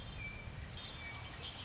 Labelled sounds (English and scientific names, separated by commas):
Red-winged Blackbird (Agelaius phoeniceus)